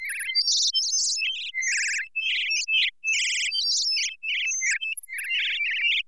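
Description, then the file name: Bird tweets in quick, trembling phrases, mid-high and very high notes alternating, with tiny breaks between clusters. "Birds chirping and tweeting"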